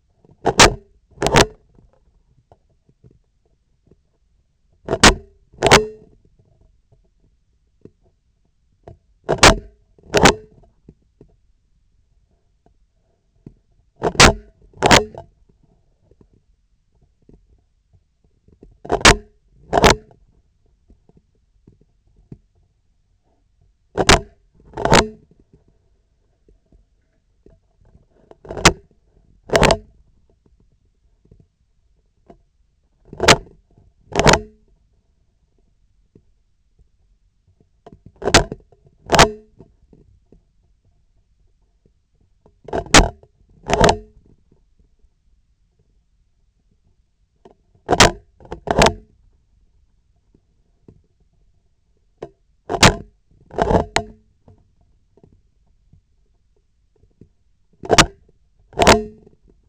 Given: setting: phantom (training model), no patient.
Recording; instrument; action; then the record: laparoscopic instrument, vibration sensor on the handle end; scissors; opening and closing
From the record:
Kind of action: tool actuation without material contact